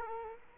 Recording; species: mosquito wingbeat signal from an infrared sensor; Culex quinquefasciatus